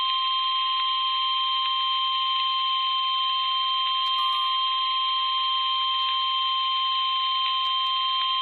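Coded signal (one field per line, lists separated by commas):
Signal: Emergency Alert System (SAME) tones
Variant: 1050 Hz attention tone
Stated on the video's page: Severe thunderstorm warning EAS alert, streamed.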